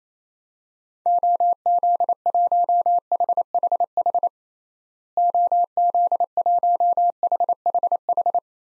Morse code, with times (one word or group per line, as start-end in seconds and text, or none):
1.1-4.3 OZ1HHH
5.2-8.4 OZ1HHH